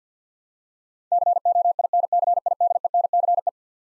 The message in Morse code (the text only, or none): COINCIDENCE